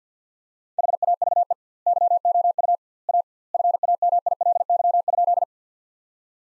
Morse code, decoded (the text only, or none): HAVE YOU A FAMILY?